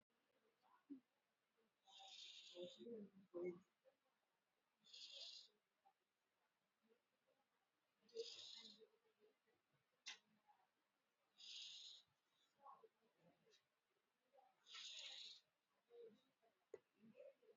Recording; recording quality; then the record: shallow breathing; excellent, no background noise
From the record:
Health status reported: healthy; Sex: male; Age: 39 years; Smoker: no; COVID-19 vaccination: one dose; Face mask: worn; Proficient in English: yes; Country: India